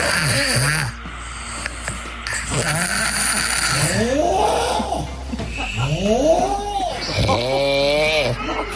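A sequence of several different loud snores from Adelaide sleepers, some rough and rattling, others tonal and whistling, including a two-year-old toddler's and a dog's; others sound like a foghorn, a freight train and a chainsaw.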